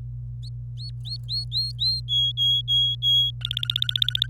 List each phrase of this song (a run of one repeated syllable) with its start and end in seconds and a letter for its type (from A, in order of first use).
0.43-0.49 A, 0.77-2.01 A, 2.09-3.31 B, 3.41-4.27 C